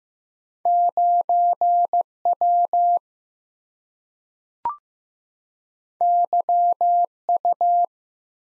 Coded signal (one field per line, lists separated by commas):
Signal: Morse code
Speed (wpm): 15 wpm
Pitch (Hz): 700 Hz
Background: none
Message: 9 W Y U